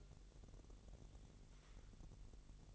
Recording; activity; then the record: daily activity, microphone in the room; take from stove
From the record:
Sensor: 4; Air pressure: 1002.8 hPa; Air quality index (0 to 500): 239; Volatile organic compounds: 10 ppm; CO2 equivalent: 2245 ppm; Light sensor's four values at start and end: 7/16/6/6 and 7/16/6/6